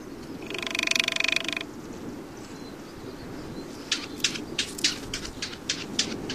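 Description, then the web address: Ladder-backed woodpecker calling with a short, quick rattle of buzzy high notes, then a series of sharp irregular taps, over steady low background hiss. Recorded in North America. "Songs of Birds of North America Stokes. Ladder-backed Woodpecker"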